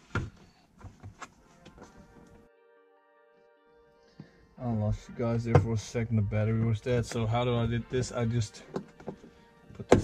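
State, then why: Seated. During a Mugen-style hardtop install on a Honda S2000 roadster, a hardtop trim piece is pressed onto its mount on the car while someone talks. A sharp snap at 9.9 s marks the piece seating firmly in place.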